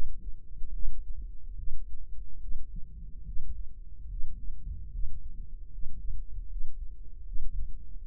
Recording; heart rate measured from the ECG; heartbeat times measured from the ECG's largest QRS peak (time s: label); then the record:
heart sounds by microphone in the right ear; 74 bpm
0.72 s: heartbeat
1.56 s: heartbeat
2.40 s: heartbeat
3.24 s: heartbeat
4.08 s: heartbeat
4.91 s: heartbeat
5.70 s: heartbeat
6.48 s: heartbeat
7.24 s: heartbeat
8.00 s: heartbeat
From the record:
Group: healthy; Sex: female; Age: 19 years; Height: 163 cm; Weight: 51 kg